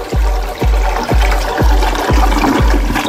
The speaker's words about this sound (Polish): Czekam, aż uda im się otworzyć i wtedy w ostatnim momencie naciskam spłuczkę i spuszczam z hukiem za sobą klapę. Mama podbiega, ale w tym momencie lecąca woda przepycha mnie już i porywa przez rurę.